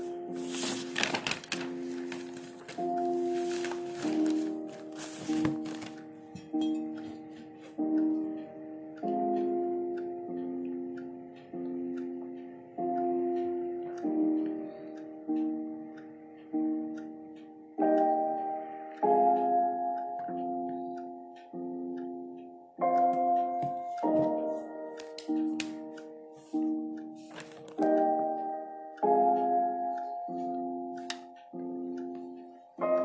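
Soft dark academia music plays throughout, with mellow chords struck in an even pulse about once a second and shifting every few seconds. Bright, scratchy pencil strokes sit on top for the first six seconds, and faint clock-like ticking lingers underneath.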